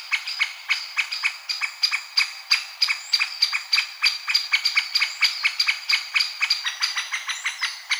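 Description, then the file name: Great spotted woodpecker uttering sharp, clipped notes repeated quickly and somewhat irregularly, about three per second. "dyatel bolshoy pestryy golos"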